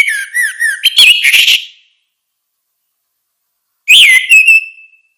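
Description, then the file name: Orange-headed thrush singing rapid, varied whistled notes mixed with harsher chattering, then a pause before a second phrase closing on a sustained whistle. "suara kicau burung anis merah"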